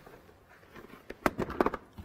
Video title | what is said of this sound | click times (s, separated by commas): Craft Yourself Silly, AALL & Create and more on Hochanda - The Home of Crafts, Hobbies and Arts | so you can hear that and then you've got these lovely clasps here that mean you can take the lid right off | 1.3 s, 1.6 s